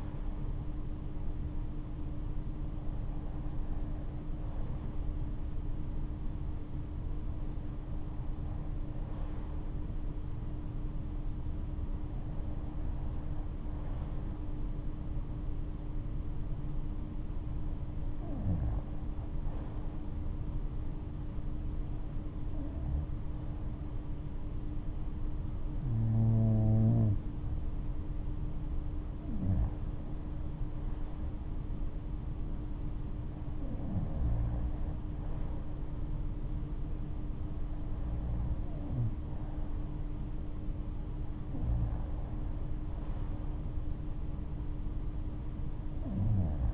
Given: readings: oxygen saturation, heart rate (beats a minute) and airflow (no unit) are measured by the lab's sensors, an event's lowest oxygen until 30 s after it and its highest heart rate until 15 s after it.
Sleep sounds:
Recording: breathing in sleep by a smartphone at the bedside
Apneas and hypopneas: none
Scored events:
none scored
From the record:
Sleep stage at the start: REM sleep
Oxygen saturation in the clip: 94 to 96%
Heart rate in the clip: 67 to 73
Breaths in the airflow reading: 10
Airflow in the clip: -10.8 to 12.6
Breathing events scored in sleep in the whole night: 228 in 5.4 hours asleep

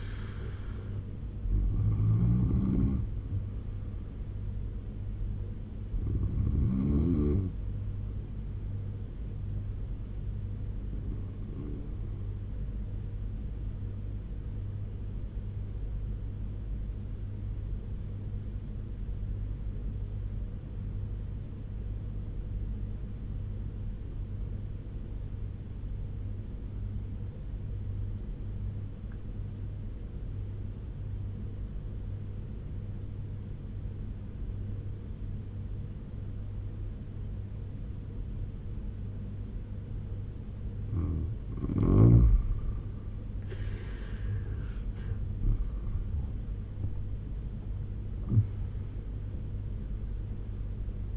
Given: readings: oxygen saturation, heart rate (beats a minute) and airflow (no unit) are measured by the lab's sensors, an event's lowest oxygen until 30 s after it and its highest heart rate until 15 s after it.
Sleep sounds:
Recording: breathing in sleep by a smartphone at the bedside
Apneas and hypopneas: 1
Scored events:
16.00-42.50 s: obstructive apnea (N2, oxygen 96% highest, then 87% lowest, heart rate 79 at the start, 90 highest)
From the record:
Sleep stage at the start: N2 (light sleep)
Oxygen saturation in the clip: 87 to 96%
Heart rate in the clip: 73 to 90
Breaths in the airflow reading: 6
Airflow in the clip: -12.7 to 11.4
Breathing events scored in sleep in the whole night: 201 in 6.5 hours asleep

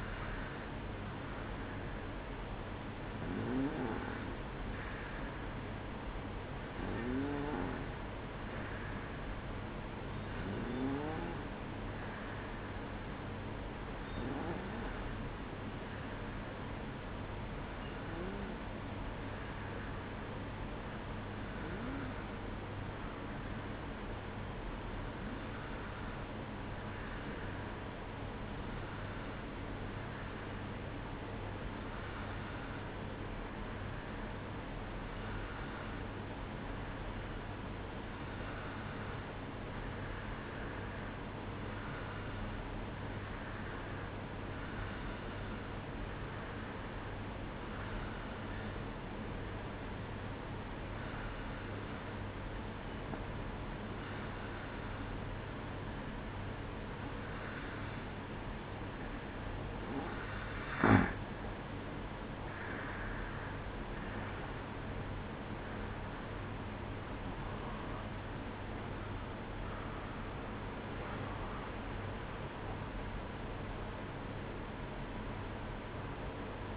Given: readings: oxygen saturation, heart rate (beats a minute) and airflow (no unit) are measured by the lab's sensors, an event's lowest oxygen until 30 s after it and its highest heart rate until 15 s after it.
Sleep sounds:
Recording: breathing in sleep by a voice recorder at the bedside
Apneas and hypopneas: 1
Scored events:
10.00-58.30 s: hypopnea (N1, oxygen 95% highest, then 92% lowest, heart rate 59 at the start, 71 highest)
34.00-64.00 s: new sleep stage, N2 (light sleep)
64.00-76.77 s: new sleep stage, N1 (lightest sleep)
From the record:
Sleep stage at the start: N1 (lightest sleep)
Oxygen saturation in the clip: 92 to 95%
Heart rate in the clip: 57 to 71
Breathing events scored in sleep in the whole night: 305 in 9.6 hours asleep

